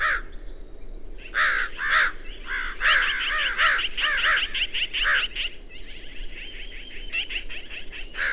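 Bird calls: scattered harsh caws that build into a fast run of short bent notes, with a thin higher chattering behind them.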